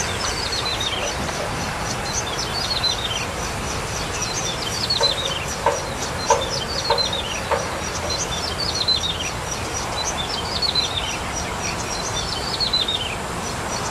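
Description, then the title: Bar-winged prinia giving repeated falling runs of high, sharp notes; a few clicks and steady hiss run underneath. "Suara Burung Ciblek"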